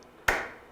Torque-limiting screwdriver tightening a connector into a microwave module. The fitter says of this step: you will hold the module down put this on and turn it until you hear it click